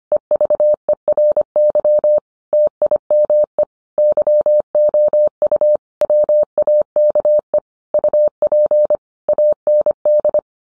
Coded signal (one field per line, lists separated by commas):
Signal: Morse code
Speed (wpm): 25 wpm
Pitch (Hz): 600 Hz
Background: none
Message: EVERY TIME YOU WAKE UP AND